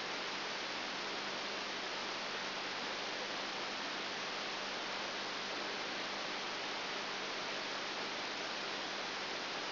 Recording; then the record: brain microelectrode recording played as sound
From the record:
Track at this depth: outside the subthalamic nucleus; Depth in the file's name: 0.106 mm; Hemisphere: left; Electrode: 3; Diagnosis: Parkinson's disease